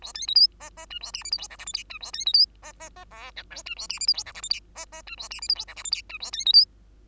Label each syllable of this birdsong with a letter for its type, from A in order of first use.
A B C D E E F A G H I J K L M N F A B C D E E E O P Q F A G H I J K L M N E E F A G H I J K L M N F A B C D